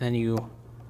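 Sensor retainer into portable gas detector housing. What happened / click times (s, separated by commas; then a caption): The plastic retainer is being handled and has not yet snapped into place / none. Someone talks briefly while handling the plastic sensor retainer being fitted into an RKI GX-2001 portable gas detector housing after the replacement sensors go in. The retainer has not been pressed down yet, so nothing has seated or snapped into place yet.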